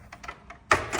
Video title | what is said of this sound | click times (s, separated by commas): How to Load Cash in a Genmega Retail ATM: Step-by-Step Guide | Lock your handle, | 0.7 s